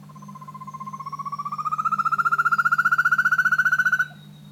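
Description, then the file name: Rufous-tailed antthrush song: a rapid, even series of hollow notes, nearly four per second, slowly rising in pitch and swelling in volume for about four seconds, over a steady low hum. Recorded at Morro Agudo, São Paulo, Brazil, on 24 January 2004. "Chamaeza-ruficauda-Morro Agudo-SAPinhal-SP 24-1-04-ASilveira"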